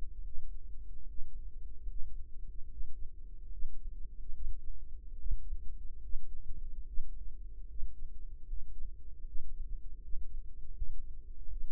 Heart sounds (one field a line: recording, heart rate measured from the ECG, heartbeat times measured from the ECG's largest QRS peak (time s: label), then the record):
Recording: heart sounds by microphone in the right ear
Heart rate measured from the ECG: 75 bpm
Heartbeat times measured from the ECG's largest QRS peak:
0.20 s: heartbeat
1.04 s: heartbeat
1.85 s: heartbeat
2.66 s: heartbeat
3.48 s: heartbeat
4.31 s: heartbeat
5.15 s: heartbeat
6.00 s: heartbeat
6.83 s: heartbeat
7.66 s: heartbeat
8.45 s: heartbeat
9.24 s: heartbeat
9.99 s: heartbeat
10.73 s: heartbeat
11.47 s: heartbeat
From the record:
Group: healthy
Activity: Valsalva maneuver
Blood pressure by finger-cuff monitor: 101/72 mmHg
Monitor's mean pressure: 77 mmHg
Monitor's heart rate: 73 bpm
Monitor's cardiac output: 4.7 L/min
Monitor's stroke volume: 65 mL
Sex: female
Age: 36 years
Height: 163 cm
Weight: 88 kg